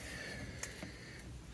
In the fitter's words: it clicked in with ease, so I think we're good to go round the rest of the door.